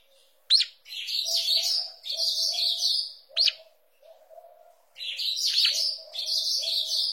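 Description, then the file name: Saltator song in a series of rich whistled phrases, broken by sharp single notes. "canto do bico duro"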